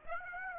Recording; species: mosquito wingbeat signal from an infrared sensor; Aedes aegypti